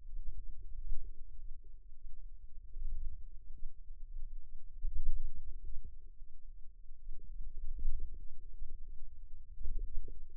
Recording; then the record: forearm muscle sounds (acoustic myography)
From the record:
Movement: wrist extension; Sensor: system 2, bracelet of six BSWA MPA416 microphones around the upper forearm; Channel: 5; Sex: female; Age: 22 years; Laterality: right